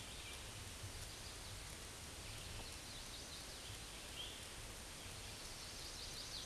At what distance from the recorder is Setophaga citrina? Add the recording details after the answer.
about 15 m. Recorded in a Pennsylvania forest on 18 May 2023 at 09:33. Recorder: AudioMoth, point grid1_30_low. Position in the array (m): 180 m, 85 m